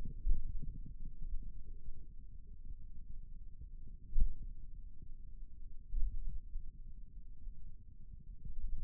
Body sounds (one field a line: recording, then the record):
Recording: forearm muscle sounds (acoustic myography)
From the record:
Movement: pen grasping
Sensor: system 2, bracelet of six BSWA MPA416 microphones around the upper forearm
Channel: 4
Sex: male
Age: 22 years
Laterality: right